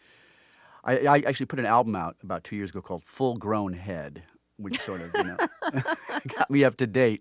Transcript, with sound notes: I actually put an album out about two years ago called "Full Grown Head," which sort of -- you know...
(laughs)
... got me up to date.